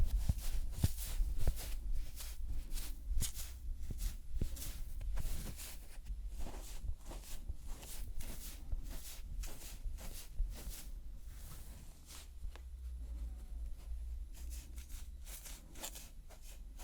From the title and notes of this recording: ASMR Makeup Cleansing with Personal Attention(No Talking).